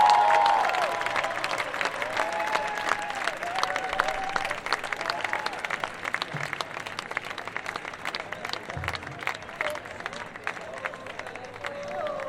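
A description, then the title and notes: Rapid, sharp drum hits ring out steadily over a murmuring crowd with voices, the strikes echoing slightly as if reflected off a wall. Japanese drummers at Ferrara International Buskers Festival. A troupe of masked Japanese drummers using large plastic oil containers as their instruments impresses a large evening crowd, and as the microphone turns we can hear how the sound is being reflected back by a large castle wall behind us.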